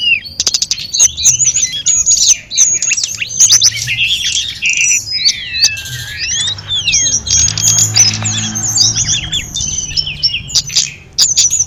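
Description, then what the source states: Sunda robins in a busy chorus of high chirps and whistles, including a long descending slurred note midway, with clicks and a faint low hum. Five birds singing together.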